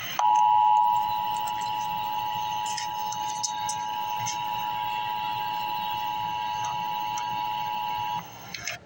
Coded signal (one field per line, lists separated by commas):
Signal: Emergency Alert System (SAME) tones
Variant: 853 and 960 Hz attention tone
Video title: Emergency Alert System - Dense Fog Advisory - Jan 26, 2024 at 2:01 PM EST